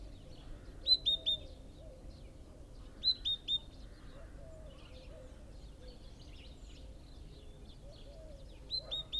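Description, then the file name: Great tit giving a few quick three-note high phrases, while low, rising and falling calls of another animal continue beneath. "Parus major"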